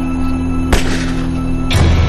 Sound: gun sound